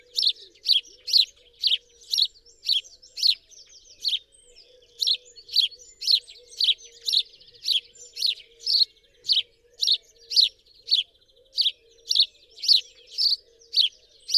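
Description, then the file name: House sparrow chirping steadily, about two sharp, buzzy chirps each second throughout, with a faint low hum underneath. "Passer domesticus"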